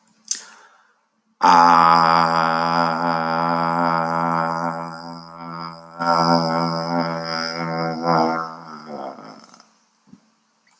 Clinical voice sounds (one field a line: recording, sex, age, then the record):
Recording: vowel held as long as possible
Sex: male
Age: 60 to 69 years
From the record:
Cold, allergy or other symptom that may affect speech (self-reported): no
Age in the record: 68 years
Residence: New Mexico, United States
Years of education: 19